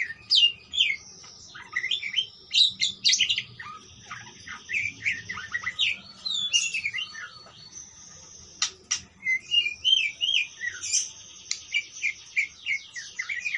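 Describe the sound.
Parakeet chatter of bright chirps, rising and falling squeaks and quick trills, in bursts separated by brief gaps.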